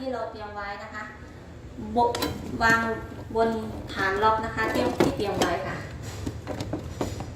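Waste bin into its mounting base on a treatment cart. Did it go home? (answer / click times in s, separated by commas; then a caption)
no / none. A waste bin is set down onto its prepared stainless mounting base on a medication or procedure cart while someone talks. Several small knocks are heard near 6.6, 6.7, 7.0 and 7.2 seconds as it settles. The bin has not locked in or clicked into the base yet.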